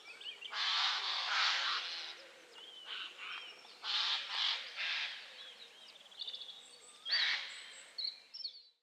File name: Garrulus glandarius